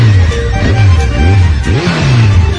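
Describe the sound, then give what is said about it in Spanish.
Toto's motorcycle engine revs several times in a row, its low growl climbing and dropping in pitch with each throttle twist, loud and steady throughout with no voices. “La moto del Toto.”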